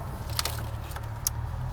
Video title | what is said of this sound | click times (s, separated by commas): DIY E90 BMW 335i Valve Cover Gasket replacement N55 | wire holders down until they click and | 0.4 s, 1.3 s